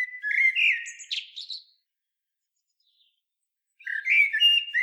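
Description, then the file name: Common blackbird song in two short bursts, each a low mellow warble topped with high chattering notes, separated by a silent gap of about two seconds. "Turdus merula"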